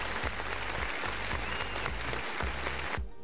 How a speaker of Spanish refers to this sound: Ah, no, pues eran aplausos para ti. Ha puesto Jorge unos aplausos. Sí, y han sonado como si estuviera granizando, vamos.